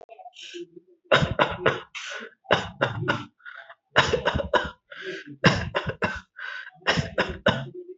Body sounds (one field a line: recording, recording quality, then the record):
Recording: shallow voluntary cough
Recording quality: excellent, no background noise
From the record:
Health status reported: healthy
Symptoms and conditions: none ticked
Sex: male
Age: 54 years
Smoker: not ticked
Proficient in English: yes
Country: India